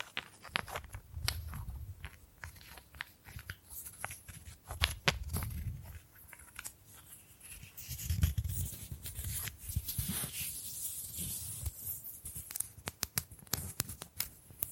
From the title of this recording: Bamboo Tapping, Scratching and Brushing Sounds